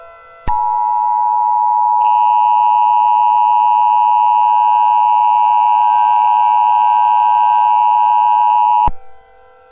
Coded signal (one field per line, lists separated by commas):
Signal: Emergency Alert System (SAME) tones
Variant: 853 and 960 Hz attention tone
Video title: EAS Mini Scenario #11: Summit Tear